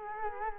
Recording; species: mosquito wingbeat signal from an infrared sensor; Culex quinquefasciatus